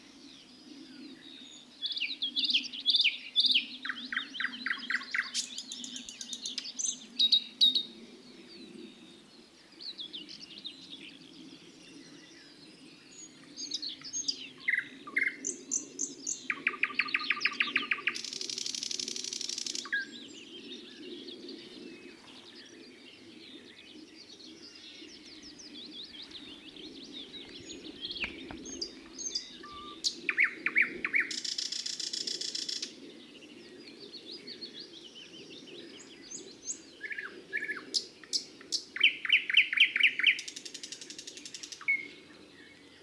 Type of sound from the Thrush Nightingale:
song